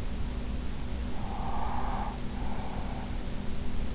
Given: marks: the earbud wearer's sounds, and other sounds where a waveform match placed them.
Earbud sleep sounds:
sounds in sleep by an in-ear microphone; breath
1.24-3.44 s: breath

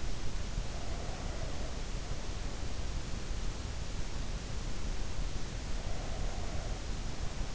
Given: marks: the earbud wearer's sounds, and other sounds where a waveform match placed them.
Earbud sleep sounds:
sounds in sleep by an in-ear microphone; breath
0.70-2.76 s: breath
5.59-7.55 s: breath

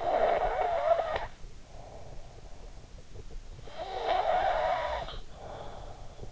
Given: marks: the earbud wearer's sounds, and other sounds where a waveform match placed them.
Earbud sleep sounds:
sounds in sleep by an in-ear microphone; snoring breath
0.00-1.62 s: snoring breath
3.63-6.26 s: snoring breath

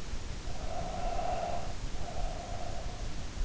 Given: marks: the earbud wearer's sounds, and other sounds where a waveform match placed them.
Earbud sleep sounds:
sounds in sleep by an in-ear microphone; breath
0.62-3.03 s: breath

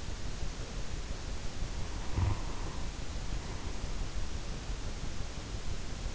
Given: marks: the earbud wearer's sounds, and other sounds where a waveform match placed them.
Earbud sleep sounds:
sounds in sleep by an in-ear microphone; snoring breath
1.66-4.08 s: snoring breath

